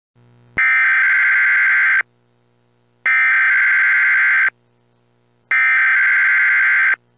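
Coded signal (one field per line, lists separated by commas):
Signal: Emergency Alert System (SAME) tones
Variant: header bursts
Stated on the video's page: SAME tones from a mock Required Monthly Test for a tropical warning, stated to be valid tones.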